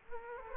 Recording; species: mosquito wingbeat signal from an infrared sensor; Culex quinquefasciatus